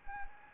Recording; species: mosquito wingbeat signal from an infrared sensor; Anopheles gambiae